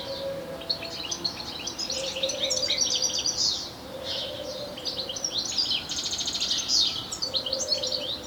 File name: Carduelis carduelis